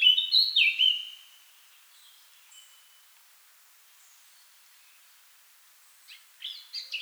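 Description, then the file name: Eurasian blackcap gives a short burst of bright notes, then a long quiet gap, then a few more notes. "Sylvia atricapilla"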